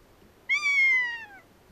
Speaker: Minulle piakanan naukaisu tuo mieleen vaellusreissun tunturiin.